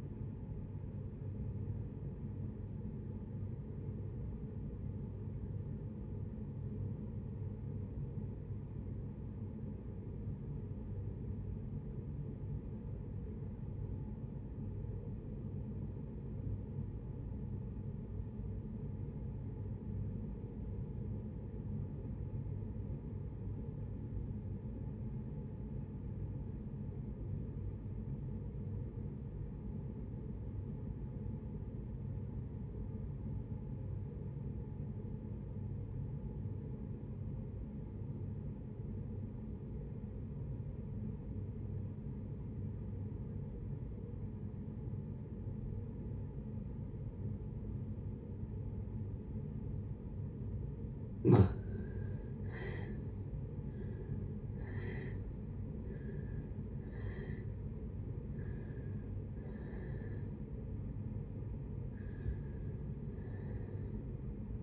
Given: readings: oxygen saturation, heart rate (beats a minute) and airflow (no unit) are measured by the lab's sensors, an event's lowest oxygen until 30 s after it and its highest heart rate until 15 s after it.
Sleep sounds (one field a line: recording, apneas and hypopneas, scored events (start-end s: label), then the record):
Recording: breathing in sleep by a smartphone at the bedside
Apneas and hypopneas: 1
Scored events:
6.00-50.80 s: obstructive apnea (REM, oxygen 96% highest, then 57% lowest, heart rate 65 at the start, 88 highest)
From the record:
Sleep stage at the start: REM sleep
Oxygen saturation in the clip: 58 to 96%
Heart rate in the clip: 54 to 88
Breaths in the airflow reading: 6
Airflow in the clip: -6.5 to 8.9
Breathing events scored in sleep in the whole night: 496 in 5.4 hours asleep